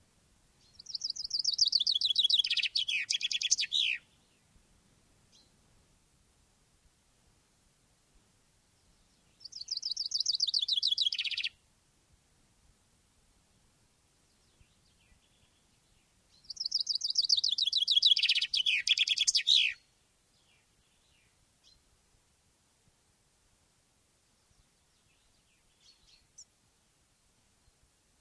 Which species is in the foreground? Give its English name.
Common Chaffinch